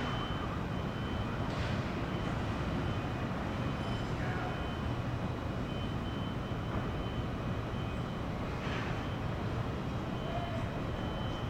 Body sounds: background sound without coughing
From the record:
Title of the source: 30 MINUTES Construction Site Ambience (CC BY 4.0)

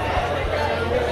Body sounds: background sound without coughing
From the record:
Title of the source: CITY SOUNDS Busy Bar in the Evening Night - 2 HOURS of Ambiance for Relaxation

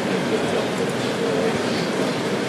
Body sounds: background sound without coughing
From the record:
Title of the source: Office Sounds Ambience - Background Noise for Study and Work

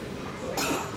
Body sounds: coughing mixed with background sound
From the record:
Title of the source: 64 coughing, allergies, singing lungs

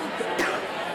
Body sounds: coughing mixed with background sound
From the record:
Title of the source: 31 night wet cough

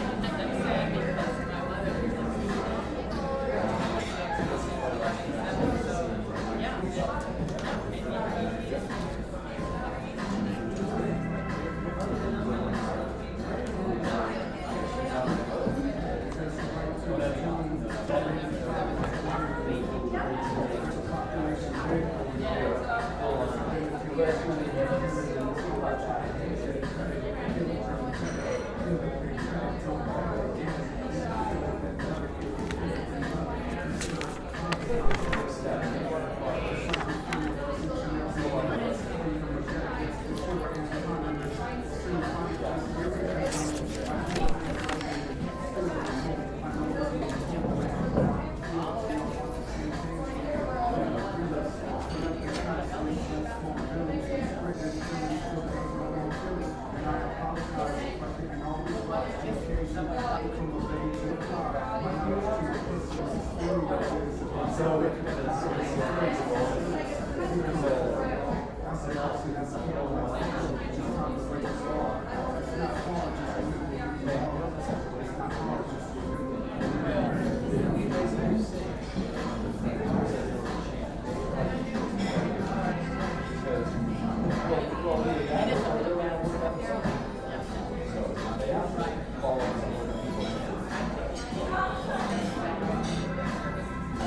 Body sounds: background sound without coughing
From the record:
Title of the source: 60 minutes of coffee shop sounds for study and concentration

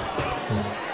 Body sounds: coughing mixed with background sound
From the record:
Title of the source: Mid-morning Winter Coughing Fit

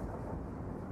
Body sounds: background sound without coughing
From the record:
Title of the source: Train Ride Ambience ambient white noise for sleeping, focus, studying, reading

